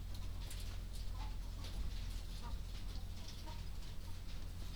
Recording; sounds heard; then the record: poultry house recording; sick chickens (respiratory disease)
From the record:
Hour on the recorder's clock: 22